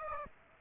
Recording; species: mosquito wingbeat signal from an infrared sensor; Aedes aegypti